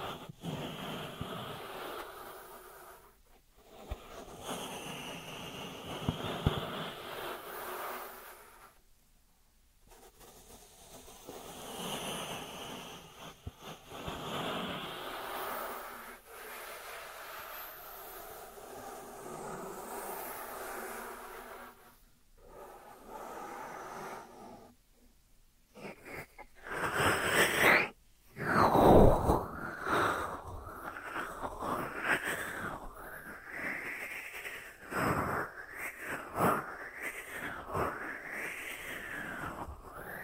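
Dry hands rub and brush against each other in bursts of soft, raspy friction, stopping briefly around 3, 9, 22 and 25 seconds. After about 27 seconds the strokes turn quicker and more rhythmic, with a few sharper scrapes and swishing sweeps.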